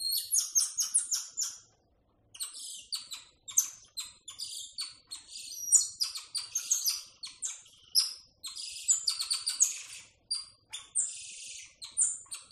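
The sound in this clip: Tamarin chirping calls, rapid high-pitched chirps and short whistles in bursts, with a brief pause near two seconds, then continuing.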